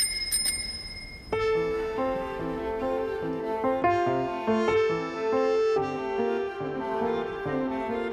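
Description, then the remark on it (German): An old, fist-sized, round bicycle bell rings twice in quick, bright metallic bursts, its high tone lingering briefly before a melodic music passage with layered harmonic notes takes over. “Es war eine alte Fahrradklingel, die sie zweimal betätigte.”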